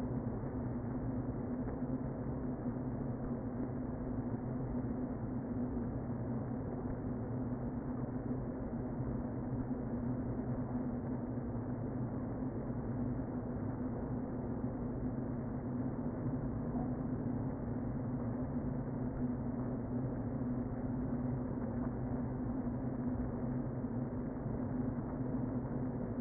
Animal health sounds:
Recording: honeybee colony, microphone inside the hive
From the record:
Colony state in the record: queen present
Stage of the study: before two queens were removed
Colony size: about 60,000 bees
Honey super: yes

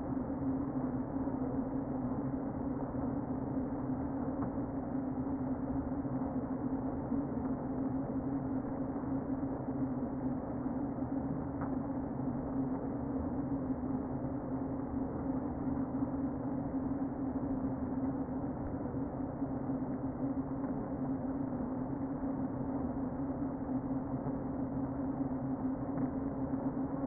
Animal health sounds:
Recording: honeybee colony, microphone inside the hive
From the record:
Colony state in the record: queen present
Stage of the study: before two queens were removed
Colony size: about 60,000 bees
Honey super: yes

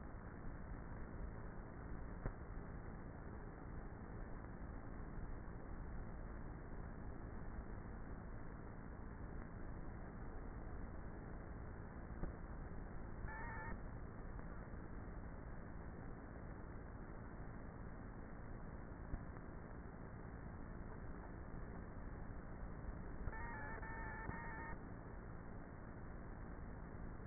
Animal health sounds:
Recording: honeybee colony, microphone inside the hive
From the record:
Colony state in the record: queenless with a low population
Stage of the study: before two queens were removed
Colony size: about 30,000 bees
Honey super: no

